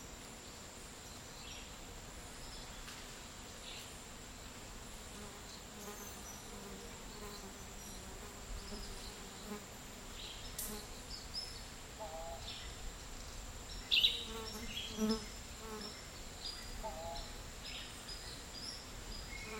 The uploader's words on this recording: Costa Rican Dry forest. Around midday in a dry forest in Nosara, Guanacaste.